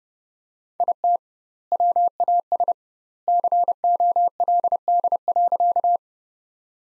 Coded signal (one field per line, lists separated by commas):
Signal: Morse code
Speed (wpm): 32 wpm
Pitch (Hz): 700 Hz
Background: none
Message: IT WAS COLD.